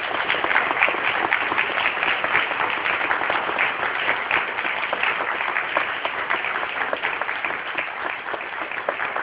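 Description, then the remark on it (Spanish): Sustained audience applause welcoming a guest speaker at a UFO congress in Capilla del Monte, Argentina, dense and steady for the whole stretch, a crackling wash of many hands clapping at once with no pauses and no voices standing out. “Un fuerte aplauso, sí, por favor.”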